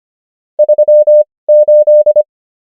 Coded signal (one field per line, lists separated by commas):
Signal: Morse code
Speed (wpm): 25 wpm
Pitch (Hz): 600 Hz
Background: none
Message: 3 8